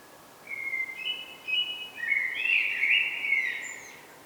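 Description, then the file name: Common blackbird delivering a long flowing phrase of clear whistled notes that grows busier and higher toward a twittering close. "Turdus merula"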